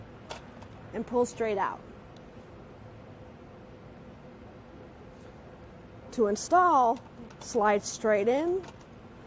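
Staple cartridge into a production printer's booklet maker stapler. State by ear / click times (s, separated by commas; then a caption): not seated / none. A replacement Xerox Nuvera BFM staple cartridge is handled at the finisher stapler head of a production printer's booklet maker, pulled straight out and about to be slid straight in, while someone talks. A faint short tick sounds at about 0.3 s against a low steady background. The cartridge has not seated or clicked yet.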